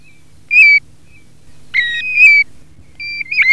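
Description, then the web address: European golden plover whistles: three mournful notes, each a steady tone that slides slightly downward, the last more broken and wavering. "PIVIERE DORATO"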